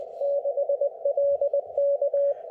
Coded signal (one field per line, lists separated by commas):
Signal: Morse code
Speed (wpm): 19 wpm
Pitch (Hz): 560 Hz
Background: radio noise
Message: 6LK